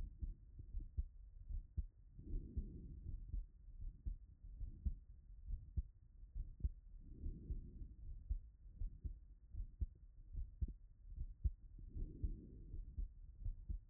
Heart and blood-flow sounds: heart sounds by stethoscope; Erb's point; 73 bpm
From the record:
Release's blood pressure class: hypertension stage 2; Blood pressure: 146/77 mmHg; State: after exercise

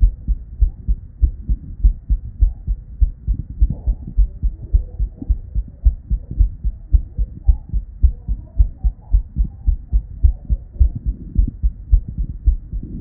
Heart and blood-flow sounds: heart sounds by stethoscope; Erb's point; 97 bpm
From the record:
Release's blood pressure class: normal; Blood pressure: 114/58 mmHg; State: at rest

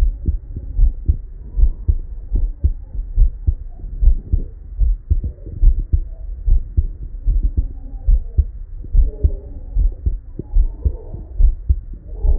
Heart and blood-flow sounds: heart sounds by stethoscope; Erb's point; 74 bpm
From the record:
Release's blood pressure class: elevated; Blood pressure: 127/75 mmHg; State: at rest

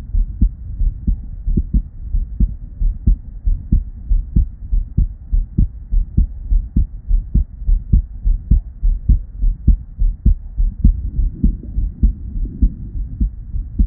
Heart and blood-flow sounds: heart sounds by stethoscope; Erb's point; 103 bpm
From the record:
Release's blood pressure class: normal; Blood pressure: 113/66 mmHg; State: at rest

